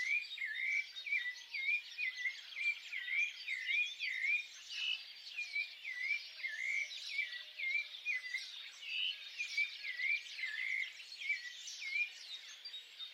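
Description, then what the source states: Bird chorus of dense high chirping, with one bird repeating a looping, wavering whistled note over and over beneath the twittering. Birds singing at dawn.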